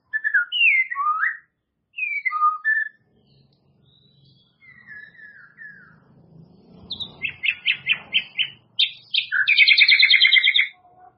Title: murai batu